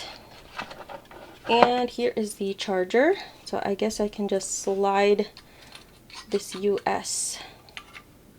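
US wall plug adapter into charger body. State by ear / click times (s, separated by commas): not seated / none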